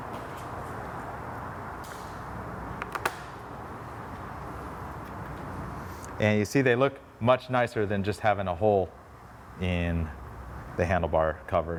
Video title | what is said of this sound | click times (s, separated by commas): New Vespa Bar-End Mirrors | They snap right in. | 2.8 s, 3.0 s, 3.1 s